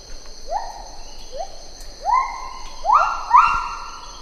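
Lar gibbon calls, a series of rising whoops leveling into sustained hoots, growing louder and overlapping toward the end, over constant high-pitched insect drone.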